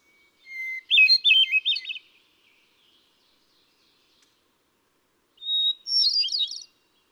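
Hermit thrush song with two phrases a few seconds apart, each a held whistle opening into silvery quavering notes, the second phrase starting on a higher pitch.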